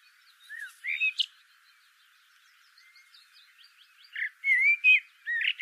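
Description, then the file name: Common blackbird song: a few whistled notes with a high squeak, a pause, then a fuller phrase of warbled whistles and twitters. "Turdus merula"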